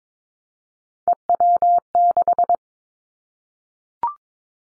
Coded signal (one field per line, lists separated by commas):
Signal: Morse code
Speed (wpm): 22 wpm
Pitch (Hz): 700 Hz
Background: none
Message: EW6